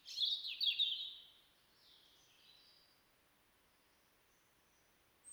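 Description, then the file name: European robin song: a quick run of high, thin warbled notes, followed by softer, wispy high phrases fading into quiet. "Erithacus rubecula"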